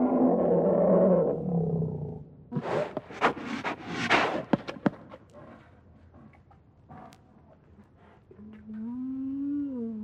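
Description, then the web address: Bear growling with a deep, rough roar for about two seconds, then snuffling and scattered clicks, ending in a tonal wavering moan. "Madacy Music Group Inc 292 Sound Effects. Bear"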